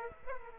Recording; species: mosquito wingbeat signal from an infrared sensor; Aedes aegypti